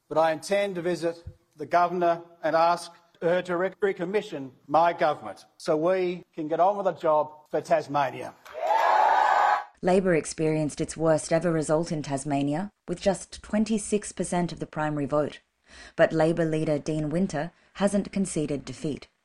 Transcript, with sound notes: But I intend to visit the governor and ask her to recommission my government, so we can get on with the job for Tasmania." (cheers) Labor experienced its worst-ever result in Tasmania with just 26 per cent of the primary vote, but Labor leader Dean Winter hasn't conceded defeat.